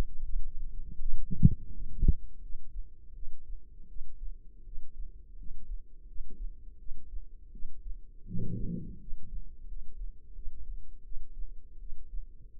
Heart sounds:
heart sounds by microphone in the left ear; 83 bpm
0.22 s: heartbeat
1.00 s: heartbeat
1.71 s: heartbeat
2.40 s: heartbeat
3.14 s: heartbeat
3.87 s: heartbeat
4.64 s: heartbeat
5.36 s: heartbeat
6.06 s: heartbeat
6.78 s: heartbeat
7.51 s: heartbeat
8.25 s: heartbeat
8.99 s: heartbeat
9.66 s: heartbeat
10.34 s: heartbeat
11.03 s: heartbeat
11.78 s: heartbeat
12.54 s: heartbeat
From the record:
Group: healthy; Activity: rest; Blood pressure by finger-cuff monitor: 76/38 mmHg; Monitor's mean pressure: 53 mmHg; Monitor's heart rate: 82 bpm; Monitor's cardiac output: 8.8 L/min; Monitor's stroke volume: 106 mL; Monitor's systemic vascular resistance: 410 dyn s/cm5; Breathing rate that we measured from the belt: 15 breaths a minute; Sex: female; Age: 22 years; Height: 161 cm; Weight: 65.5 kg

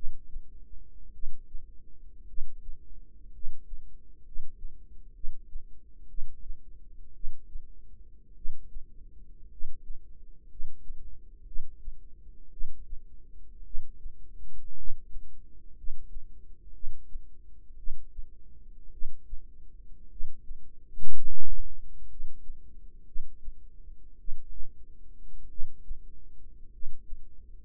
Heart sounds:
heart sounds by microphone in the right ear; 56 bpm
1.10 s: heartbeat
2.25 s: heartbeat
3.30 s: heartbeat
4.22 s: heartbeat
5.12 s: heartbeat
6.06 s: heartbeat
7.12 s: heartbeat
8.33 s: heartbeat
9.48 s: heartbeat
10.47 s: heartbeat
11.43 s: heartbeat
12.49 s: heartbeat
13.62 s: heartbeat
14.74 s: heartbeat
15.74 s: heartbeat
16.71 s: heartbeat
17.75 s: heartbeat
18.89 s: heartbeat
20.08 s: heartbeat
21.12 s: heartbeat
22.06 s: heartbeat
23.04 s: heartbeat
24.16 s: heartbeat
25.47 s: heartbeat
26.69 s: heartbeat
From the record:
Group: healthy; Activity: cold pressor test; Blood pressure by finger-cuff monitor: 130/55 mmHg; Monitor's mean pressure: 80 mmHg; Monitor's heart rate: 54 bpm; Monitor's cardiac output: 6.6 L/min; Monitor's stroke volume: 119 mL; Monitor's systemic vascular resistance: 880 dyn s/cm5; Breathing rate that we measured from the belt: 10 breaths a minute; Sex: male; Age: 25 years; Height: 170 cm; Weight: 70.4 kg

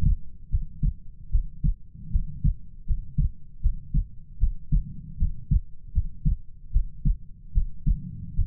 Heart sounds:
heart sounds by stethoscope; 76 bpm
0.49 s: heartbeat
1.30 s: heartbeat
2.10 s: heartbeat
2.85 s: heartbeat
3.60 s: heartbeat
4.38 s: heartbeat
5.17 s: heartbeat
5.92 s: heartbeat
6.71 s: heartbeat
7.52 s: heartbeat
8.34 s: heartbeat
From the record:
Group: healthy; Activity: rest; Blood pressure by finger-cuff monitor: 90/53 mmHg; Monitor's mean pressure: 66 mmHg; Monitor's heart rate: 77 bpm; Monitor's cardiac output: 6.9 L/min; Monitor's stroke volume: 90 mL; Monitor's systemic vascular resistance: 670 dyn s/cm5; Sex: female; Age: 19 years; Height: 163 cm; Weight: 48.9 kg

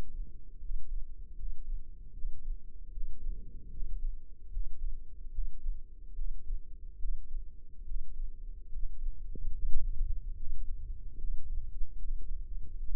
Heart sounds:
heart sounds by microphone in the left ear; 74 bpm
0.59 s: heartbeat
1.35 s: heartbeat
2.12 s: heartbeat
2.91 s: heartbeat
3.70 s: heartbeat
4.49 s: heartbeat
5.31 s: heartbeat
6.14 s: heartbeat
6.98 s: heartbeat
7.84 s: heartbeat
8.69 s: heartbeat
9.53 s: heartbeat
10.35 s: heartbeat
11.17 s: heartbeat
11.98 s: heartbeat
12.79 s: heartbeat
From the record:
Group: healthy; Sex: male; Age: 35 years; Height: 178 cm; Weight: 64 kg

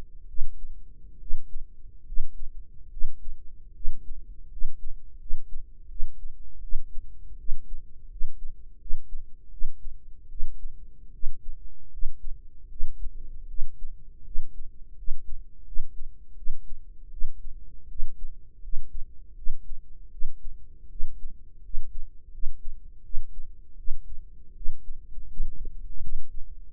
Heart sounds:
heart sounds by microphone in the right ear; 79 bpm
0.26 s: heartbeat
1.17 s: heartbeat
2.03 s: heartbeat
2.88 s: heartbeat
3.72 s: heartbeat
4.48 s: heartbeat
5.17 s: heartbeat
5.87 s: heartbeat
6.59 s: heartbeat
7.36 s: heartbeat
8.07 s: heartbeat
8.77 s: heartbeat
9.49 s: heartbeat
10.27 s: heartbeat
11.10 s: heartbeat
11.89 s: heartbeat
12.67 s: heartbeat
13.45 s: heartbeat
14.22 s: heartbeat
14.94 s: heartbeat
15.63 s: heartbeat
16.34 s: heartbeat
17.08 s: heartbeat
17.86 s: heartbeat
18.59 s: heartbeat
19.33 s: heartbeat
20.08 s: heartbeat
20.87 s: heartbeat
21.60 s: heartbeat
22.29 s: heartbeat
23.01 s: heartbeat
23.75 s: heartbeat
24.52 s: heartbeat
25.26 s: heartbeat
25.99 s: heartbeat
26.69 s: heartbeat
From the record:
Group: healthy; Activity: cold pressor test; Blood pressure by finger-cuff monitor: 124/67 mmHg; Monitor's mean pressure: 86 mmHg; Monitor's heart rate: 80 bpm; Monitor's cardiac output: 7.6 L/min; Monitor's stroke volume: 96 mL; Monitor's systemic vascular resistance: 830 dyn s/cm5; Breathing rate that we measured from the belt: 18 breaths a minute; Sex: female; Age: 23 years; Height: 160 cm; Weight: 50.4 kg

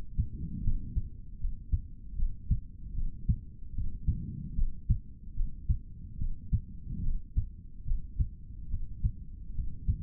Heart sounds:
heart sounds by stethoscope; 74 bpm
0.62 s: heartbeat
1.39 s: heartbeat
2.16 s: heartbeat
2.94 s: heartbeat
3.73 s: heartbeat
4.55 s: heartbeat
5.35 s: heartbeat
6.17 s: heartbeat
7.02 s: heartbeat
7.85 s: heartbeat
8.69 s: heartbeat
9.53 s: heartbeat
From the record:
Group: healthy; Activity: cold pressor test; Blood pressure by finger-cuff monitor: 102/56 mmHg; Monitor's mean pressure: 70 mmHg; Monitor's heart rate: 75 bpm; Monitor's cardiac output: 4.4 L/min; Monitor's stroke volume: 58 mL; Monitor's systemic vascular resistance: 1140 dyn s/cm5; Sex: male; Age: 55 years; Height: 167 cm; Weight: 57.2 kg

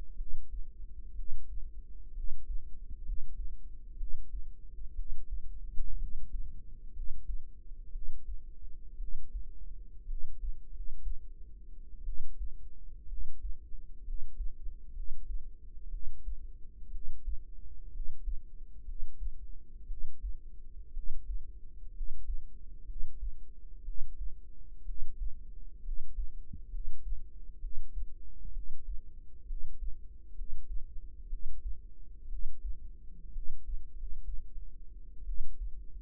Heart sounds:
heart sounds by microphone in the right ear; 62 bpm
0.14 s: heartbeat
1.13 s: heartbeat
2.11 s: heartbeat
3.01 s: heartbeat
3.95 s: heartbeat
4.93 s: heartbeat
5.96 s: heartbeat
6.90 s: heartbeat
7.89 s: heartbeat
8.95 s: heartbeat
10.04 s: heartbeat
10.69 s: heartbeat
12.02 s: heartbeat
13.05 s: heartbeat
14.02 s: heartbeat
14.91 s: heartbeat
15.88 s: heartbeat
16.89 s: heartbeat
17.89 s: heartbeat
18.83 s: heartbeat
19.85 s: heartbeat
20.91 s: heartbeat
21.90 s: heartbeat
22.84 s: heartbeat
23.82 s: heartbeat
24.83 s: heartbeat
25.80 s: heartbeat
26.68 s: heartbeat
27.58 s: heartbeat
28.50 s: heartbeat
29.44 s: heartbeat
30.32 s: heartbeat
31.27 s: heartbeat
32.26 s: heartbeat
33.30 s: heartbeat
33.91 s: heartbeat
35.23 s: heartbeat
From the record:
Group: healthy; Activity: rest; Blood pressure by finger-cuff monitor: 106/67 mmHg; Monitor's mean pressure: 79 mmHg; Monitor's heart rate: 61 bpm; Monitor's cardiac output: 5.1 L/min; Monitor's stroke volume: 83 mL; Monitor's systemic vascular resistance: 1100 dyn s/cm5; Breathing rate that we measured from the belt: 15 breaths a minute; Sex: female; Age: 22 years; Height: 171 cm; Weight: 65.6 kg

